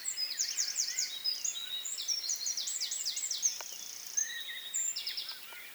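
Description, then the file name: Eurasian wren song: a breathless, rapid flow of high trills and zigzagging rattles, tapering off near the end with a few softer notes. "Troglodytes troglodytes"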